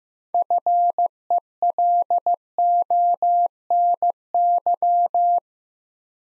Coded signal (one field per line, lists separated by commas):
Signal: Morse code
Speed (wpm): 15 wpm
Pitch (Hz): 700 Hz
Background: none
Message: FELONY